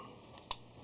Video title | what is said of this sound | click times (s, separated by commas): FORD 8.8 BRAKE ROTOR & PAD REPLACEMENT | there you go that popped in there and there is like a little groove where each of these set | 0.5 s